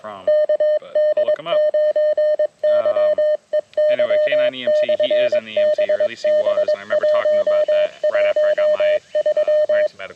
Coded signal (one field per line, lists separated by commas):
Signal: Morse code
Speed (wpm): 22 wpm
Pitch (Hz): 610 Hz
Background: speech, radio noise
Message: KD9YEY/BB113